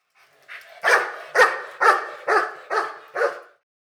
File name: Dr Sound Effects - Police Dog Warning Barks